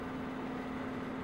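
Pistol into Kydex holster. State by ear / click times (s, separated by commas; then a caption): not seated / none. A pistol is handled at the mouth of a finished Kydex holster, with its hardware and belt loops attached and edges polished, to test retention. Only a steady low hum and broadband noise are heard, with no sharp transients. Nothing has seated or clicked yet.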